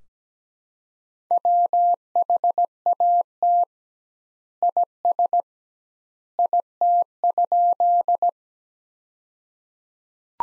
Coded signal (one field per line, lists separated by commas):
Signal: Morse code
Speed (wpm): 17 wpm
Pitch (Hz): 700 Hz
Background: none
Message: WHAT IS IT?